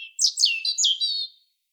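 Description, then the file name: European robin song: one short, fluid phrase of high, tumbling warbled notes. "Erithacus rubecula"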